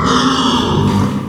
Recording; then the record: squeal of a Yucatan mini pig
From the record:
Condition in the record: after surgery on the right vocal fold (resection and tissue-engineered implant); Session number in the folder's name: 15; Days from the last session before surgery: 175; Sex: female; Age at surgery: 19 weeks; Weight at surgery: 25 kg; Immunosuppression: prednisolone